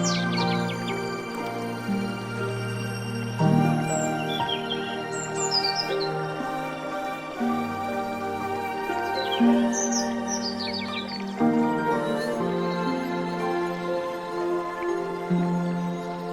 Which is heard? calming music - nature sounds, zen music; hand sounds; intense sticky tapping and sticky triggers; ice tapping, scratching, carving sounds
calming music - nature sounds, zen music